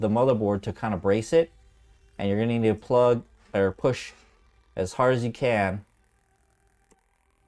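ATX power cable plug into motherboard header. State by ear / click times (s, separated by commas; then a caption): seated / 6.9 s. Someone talks while pushing the 24-pin ATX power cable plug hard into the motherboard header, bracing the board from underneath because it sits on standoffs and might flex. After the talking stops, a few faint ticks are followed by a sharper click at 6.9 s as the connector seats.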